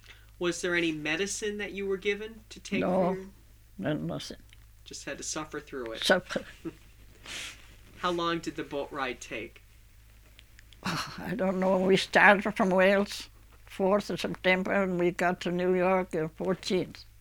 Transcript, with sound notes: Was there any medicine that you were given to take for your...
No. There wasn't.
Just had to suffer through it.
Suffer. (they laugh)
How long did the boat ride take?
I don't know. We started from Wales fourth of September and we got to New York the fourteenth.